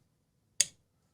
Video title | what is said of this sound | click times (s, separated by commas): Unboxing an SMKW exclusive… Brian Brown frag pattern Yeager V3 knife… a sweet knife! | Nice click. Let's do that again. Here we go. | 0.6 s